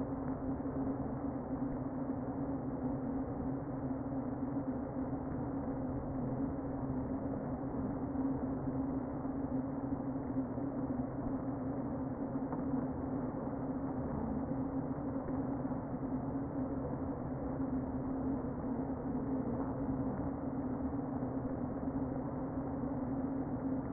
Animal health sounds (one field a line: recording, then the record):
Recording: honeybee colony, microphone inside the hive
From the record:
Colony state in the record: queen present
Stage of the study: before two queens were removed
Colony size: about 60,000 bees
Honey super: yes